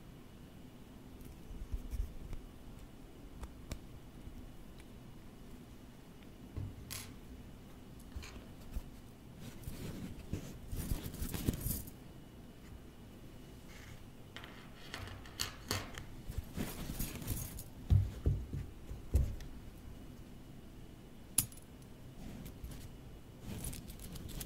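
Office objects are tapped and traced, with soft scratchy strokes and light clicks over a low steady hum. Denser rustling bursts come around 10–12 and 16–18 seconds, and sharp ticks and taps land near 18, 19 and 21 seconds.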